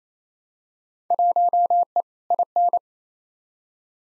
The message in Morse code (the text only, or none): 1E IN